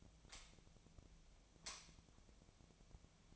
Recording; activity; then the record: daily activity, microphone in the room; light on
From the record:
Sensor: 1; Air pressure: 1009.8 hPa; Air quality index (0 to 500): 188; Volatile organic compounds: 17 ppm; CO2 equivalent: 2590 ppm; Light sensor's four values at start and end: 36/91/38/46 and 47/134/55/62